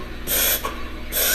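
Two harsh, hissing snorts, each about a third of a second long, are separated by a brief pause and heard close to a female dog. This is a canine reverse sneeze: rapid, forceful pulls of air in through the nose.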